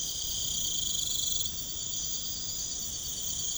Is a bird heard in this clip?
no